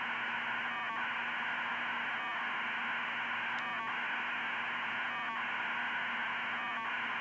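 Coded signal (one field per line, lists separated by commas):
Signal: radiosonde or satellite telemetry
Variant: 2400 baud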